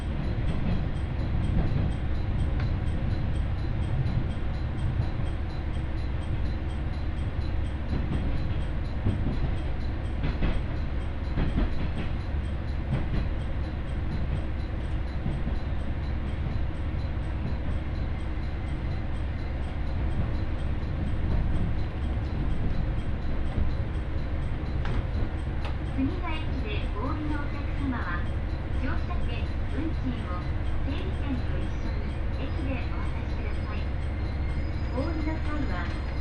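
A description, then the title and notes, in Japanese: A train ride on the Ibara Railway between Soun-no-sato Ebara and Soja. A steady, heavy rumble of the moving railcar runs evenly throughout, with a faint, regular high ticking on top. Occasional rattles and clacks come through, and murmured voices appear near the end. 耳で楽しむ鉄道旅 井原鉄道 早雲の里荏原→総社。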